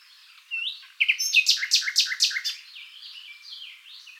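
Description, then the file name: Common nightingale delivering a loud, rapid sequence of repeated buzzy notes after a brief whistle, followed by softer warbling phrases. "Luscinia megarhynchos"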